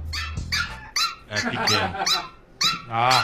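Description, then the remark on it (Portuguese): A hyper female pinscher dog barks in a rapid run of shrill, high-pitched yaps, some stretched into whiny, growly tones, loud and insistent across a few seconds. “Cachorra pilha. O Mano teve um desse. Um pincher.”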